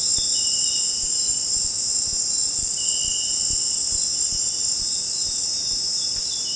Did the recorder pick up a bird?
no